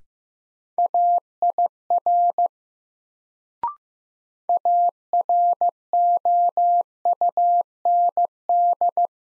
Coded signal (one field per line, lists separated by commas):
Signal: Morse code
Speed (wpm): 15 wpm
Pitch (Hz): 700 Hz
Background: none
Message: AIR AROUND